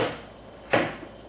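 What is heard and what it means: A side bracket of a VELUX RSL solar-powered roof window blind is pushed onto the roof window frame during fitting. After a fading sound at the start, a single sharp, bright snap rings out at 0.7 s, followed by a faint tap near 1.0 s. The bracket clicks and seats into the frame at 0.7 s.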